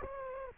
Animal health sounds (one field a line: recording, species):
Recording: mosquito wingbeat signal from an infrared sensor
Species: Culex quinquefasciatus